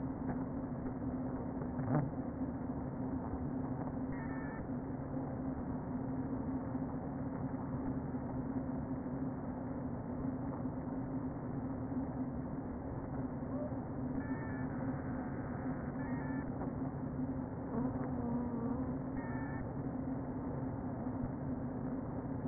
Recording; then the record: honeybee colony, microphone inside the hive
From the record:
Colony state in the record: queen present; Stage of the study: before two queens were removed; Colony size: about 60,000 bees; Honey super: yes